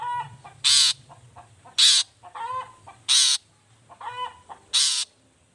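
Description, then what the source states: Long-tailed shrike harsh calls: four loud grating rasps a second or more apart, with softer nasal chatter between them. Morning singing; features 'toet toet' notes and voice variations, meant to stimulate emotion so that reluctant shrikes start singing along.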